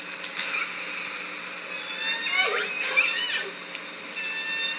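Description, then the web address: Killer whale calls, harmonic squeals that sweep sharply downward, a few in quick succession midway, over a continuous underwater hiss. Southern Resident killer whales; calls recorded at Lime Kiln in June. "SRKW call-catalog Orca Calls Lime Kiln June"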